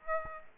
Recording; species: mosquito wingbeat signal from an infrared sensor; Aedes aegypti